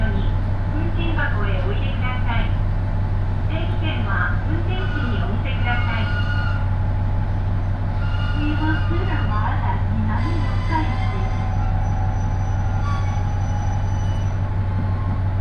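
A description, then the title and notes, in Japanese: Inside a one-car railbus, a steady low engine drone and rail rumble run throughout while passengers chat in bursts and a faint whine persists. 伊勢鉄道 四日市→津。四日市から河原田までの2駅はＪＲ区間に乗り入れ、あとは伊勢鉄道内を走ります。普通列車は１両のレールバスで数人程度の乗客ですが、土曜日ということもあり徐々に高校生が乗ってきたりと賑やかになってきます。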